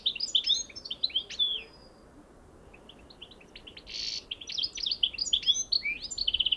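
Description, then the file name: European goldfinch giving liquid, tinkling twitters in two bursts separated by a pause, with one harsh buzzy note and rapid trilled notes at the end. "Carduelis carduelis"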